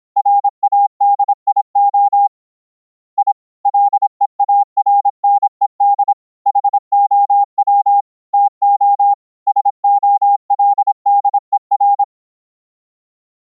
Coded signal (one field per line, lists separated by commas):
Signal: Morse code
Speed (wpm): 26 wpm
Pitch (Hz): 810 Hz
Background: none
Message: RADIO I LEARNED HOW TO SOLDER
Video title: using GASSiAN NOiSE CW notes for sending Morse Code over iCW on Mumble - CW regenerated on mumble RX